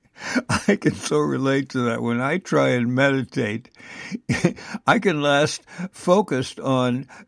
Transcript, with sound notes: I can so relate to that. When I try and meditate, (laughs) I can last focused on,